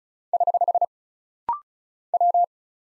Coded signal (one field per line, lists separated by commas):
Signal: Morse code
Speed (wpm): 36 wpm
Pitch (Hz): 700 Hz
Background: none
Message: <HH> W